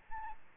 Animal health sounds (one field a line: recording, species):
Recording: mosquito wingbeat signal from an infrared sensor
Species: Aedes albopictus